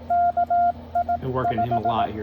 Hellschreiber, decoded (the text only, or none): none